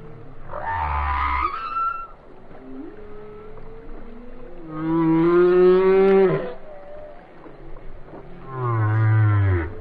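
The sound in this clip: Whale song with a low grunt, then a long rising harmonic moan and a second buzzy moan that sweeps down at the end, over a steady low rumble.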